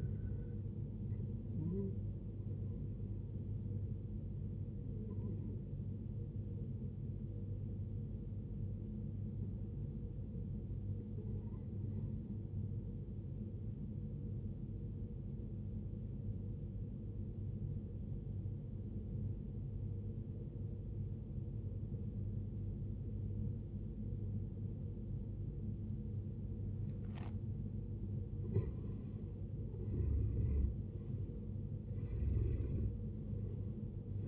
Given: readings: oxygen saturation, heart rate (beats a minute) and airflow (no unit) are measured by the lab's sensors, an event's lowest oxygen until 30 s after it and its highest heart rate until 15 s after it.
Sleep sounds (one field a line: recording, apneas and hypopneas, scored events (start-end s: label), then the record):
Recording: breathing in sleep by a smartphone at the bedside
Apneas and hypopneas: 1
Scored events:
9.00-29.70 s: obstructive apnea (N2, oxygen 95% highest, then 77% lowest, heart rate 66 at the start, 75 highest)
26.00-34.27 s: new sleep stage, N1 (lightest sleep)
From the record:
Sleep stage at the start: N2 (light sleep)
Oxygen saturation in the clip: 82 to 95%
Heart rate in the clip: 54 to 75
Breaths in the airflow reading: 3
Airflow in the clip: -14.5 to 15.6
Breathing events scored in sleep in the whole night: 389 in 6.3 hours asleep